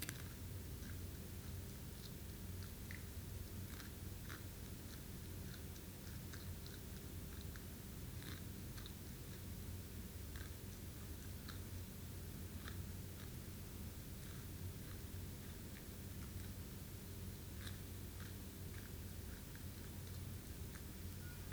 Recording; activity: daily activity, guitar pickup as the sensor; eat